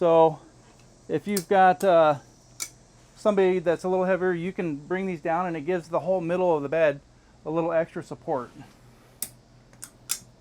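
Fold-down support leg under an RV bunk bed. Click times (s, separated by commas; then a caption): 10.1 s. Someone talks while a fold-down support leg under the bottom bunk of a 2024 Newmar Canyon Star 3947 RV is swung down to brace the middle of the bed. A few sharp knocks follow near the end of the clip. The leg pops and locks into position with a click at 10.1 s.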